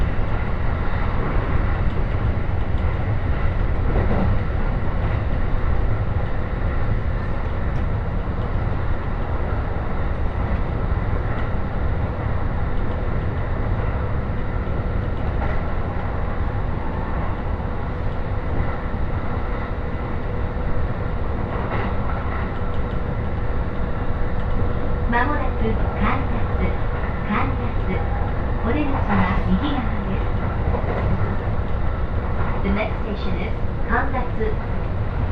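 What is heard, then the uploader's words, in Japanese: Inside a Joban Line local train, a steady low rumble runs throughout, with a thin hum and brief bright squeals and murmured voices after twenty-five seconds. 耳で楽しむ鉄道旅 常磐線普通 石岡→土浦→取手。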